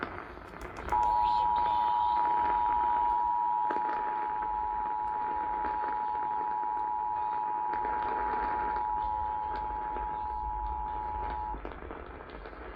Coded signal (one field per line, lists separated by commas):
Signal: Emergency Alert System (SAME) tones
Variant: 853 and 960 Hz attention tone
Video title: Eas svr on KTRH 740am and KHJK 103.7fm Eas1272-1273)